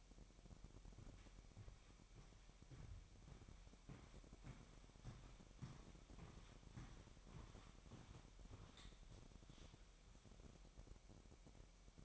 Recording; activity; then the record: daily activity, microphone in the room; walk to room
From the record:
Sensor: 1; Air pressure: 1012.3 hPa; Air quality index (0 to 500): 198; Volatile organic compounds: 4 ppm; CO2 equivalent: 1588 ppm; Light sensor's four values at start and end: 77/184/77/81 and 75/178/76/80